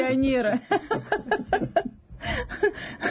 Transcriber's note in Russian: Смеется